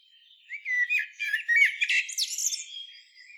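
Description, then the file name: Common blackbird producing a cluster of low slurred notes mixed with sharp, high squeaks, fading into softer twittering. "Turdus merula"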